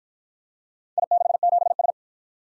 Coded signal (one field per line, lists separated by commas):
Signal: Morse code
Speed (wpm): 52 wpm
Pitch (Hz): 700 Hz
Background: none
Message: I67S